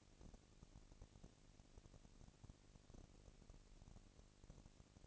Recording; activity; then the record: daily activity, microphone in the room; no activity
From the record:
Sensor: 4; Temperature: 22.3 degrees Celsius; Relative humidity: 31.9%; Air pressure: 998.0 hPa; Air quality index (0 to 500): 203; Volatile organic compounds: 17 ppm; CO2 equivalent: 2570 ppm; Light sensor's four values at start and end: 2/3/1/1 and 2/3/1/1